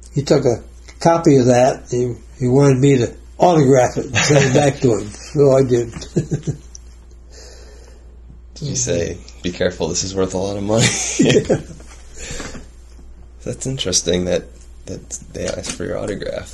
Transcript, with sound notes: he took a copy of that and he wanted me to autograph that and send it back to him, so I did [laughing]
Did you say, “Be careful, this is worth a lot of money”?
[laughing] Yeah.
That's interesting that he asked for your autograph.